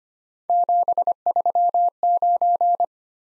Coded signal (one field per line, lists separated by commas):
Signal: Morse code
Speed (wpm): 25 wpm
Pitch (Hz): 700 Hz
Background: none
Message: 739